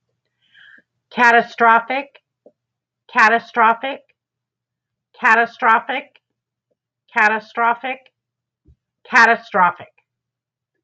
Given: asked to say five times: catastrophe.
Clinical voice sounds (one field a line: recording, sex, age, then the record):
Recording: repeated word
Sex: female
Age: 50 to 59 years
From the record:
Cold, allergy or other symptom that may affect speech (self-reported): no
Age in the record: 58 years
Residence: Texas, United States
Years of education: 13